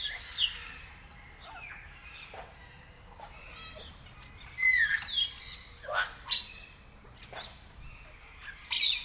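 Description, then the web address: Grey parrot giving scattered squawks and bright, downward-sweeping whistles, with a louder cluster midway and another call at the end. Captive bird at a zoo in Nyíregyháza, 2019. "jako papagaj hosszabban nyiregyhaza"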